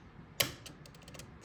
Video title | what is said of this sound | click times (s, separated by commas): Threading a New Domestic Antique Sewing Machine with Chainstitch | snapped into place and now we'll go ahead and thread the upper part on | 0.4 s